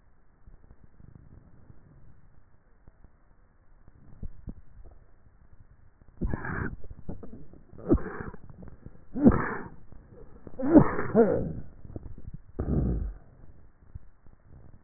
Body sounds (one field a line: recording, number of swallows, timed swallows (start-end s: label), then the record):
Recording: swallowing sounds by neck microphone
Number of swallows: 3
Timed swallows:
4.02-4.68 s: swallow
6.62-7.08 s: swallow
11.85-12.45 s: swallow
From the record:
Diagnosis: dysphagia